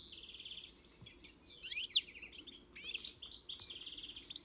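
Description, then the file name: European goldfinch giving a few sharp, high chirps and short twittered phrases over a steady hiss of background noise. "Carduelis carduelis"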